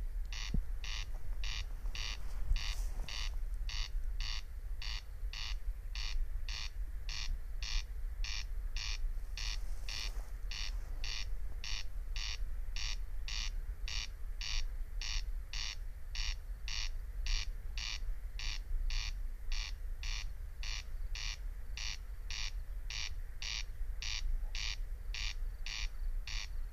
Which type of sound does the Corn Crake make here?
song